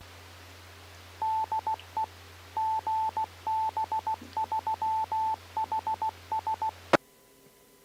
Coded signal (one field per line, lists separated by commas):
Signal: Morse code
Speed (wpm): 16 wpm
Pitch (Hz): 880 Hz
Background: none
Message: DE GB3HS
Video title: HADARS Live Stream 2M net 08/05/23